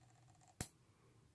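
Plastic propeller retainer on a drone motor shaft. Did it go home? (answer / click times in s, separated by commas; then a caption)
released / 0.6 s. A plastic propeller retainer on the motor shaft of a SYMA X8C drone is twisted to loosen it. A single sharp, bright click sounds at 0.6 s against a quiet background. The retainer clicks open, releasing it on the prop shaft.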